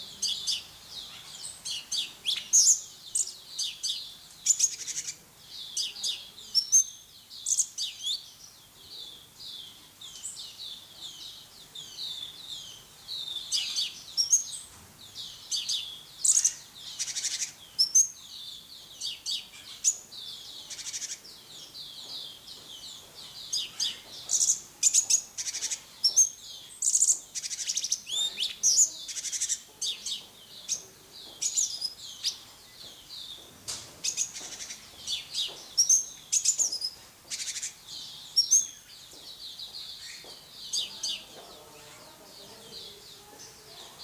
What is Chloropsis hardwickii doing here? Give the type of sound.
song